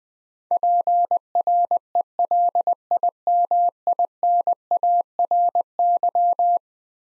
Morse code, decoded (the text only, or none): PRELIMINARY